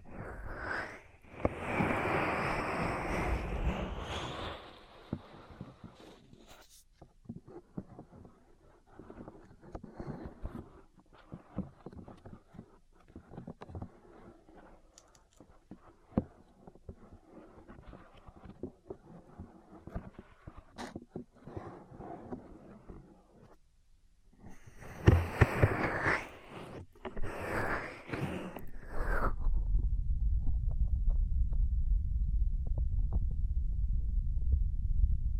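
Ear cleaning sounds fill the clip: loud, dense scratchy rubbing from the start to about five seconds, then sparse crackles and soft brushing taps through the middle. A second loud burst of scratching comes around 25 to 29 seconds, followed by a steady low rumble to the end.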